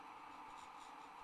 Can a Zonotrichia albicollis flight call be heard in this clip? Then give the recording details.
no. No flight call is heard. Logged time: 03:00 on 30 November 2014